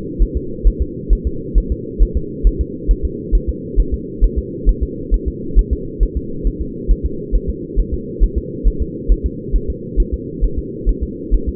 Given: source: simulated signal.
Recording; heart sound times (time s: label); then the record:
fetal heart sounds
0.22 s: S1
0.37 s: S2
0.67 s: S1
0.82 s: S2
1.13 s: S1
1.27 s: S2
1.58 s: S1
1.72 s: S2
2.03 s: S1
2.17 s: S2
2.47 s: S1
2.61 s: S2
2.91 s: S1
3.05 s: S2
3.35 s: S1
3.49 s: S2
3.80 s: S1
3.94 s: S2
4.24 s: S1
4.38 s: S2
4.69 s: S1
4.83 s: S2
5.14 s: S1
5.28 s: S2
5.59 s: S1
5.73 s: S2
6.03 s: S1
6.17 s: S2
6.47 s: S1
6.61 s: S2
6.91 s: S1
7.06 s: S2
7.35 s: S1
7.50 s: S2
7.79 s: S1
7.94 s: S2
8.24 s: S1
8.38 s: S2
8.68 s: S1
8.82 s: S2
9.12 s: S1
9.26 s: S2
9.56 s: S1
9.70 s: S2
10.00 s: S1
10.14 s: S2
10.44 s: S1
10.58 s: S2
10.89 s: S1
11.03 s: S2
11.34 s: S1
11.49 s: S2
From the record:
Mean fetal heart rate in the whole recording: 135 bpm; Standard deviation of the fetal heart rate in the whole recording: 3 bpm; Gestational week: 36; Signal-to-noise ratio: -4.3 dB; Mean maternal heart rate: 72 bpm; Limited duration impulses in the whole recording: absent